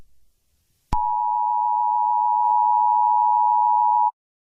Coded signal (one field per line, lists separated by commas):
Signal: Emergency Alert System (SAME) tones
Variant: 853 and 960 Hz attention tone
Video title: Eas Scenario - Asteroid Titan